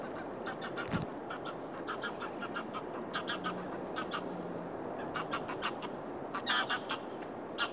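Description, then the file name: Mallard quacking in short nasal bursts, several calls running together in quick series, some fainter calls in between over a steady background hiss. Wild duck recorded at Oostduinen. "bird in oostduinen - wild duck"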